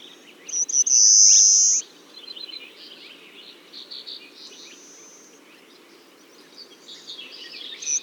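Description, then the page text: Pale rockfinch: a sustained high, pure-toned note lasting over a second, followed by soft scattered chirps and a fainter drawn-out note. "Fernand DEROUSSEN - Короткопалый воробей (Carpospiza brachydactyla)"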